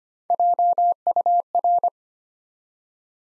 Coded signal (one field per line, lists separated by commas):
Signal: Morse code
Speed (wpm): 25 wpm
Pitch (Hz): 700 Hz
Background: none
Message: JUR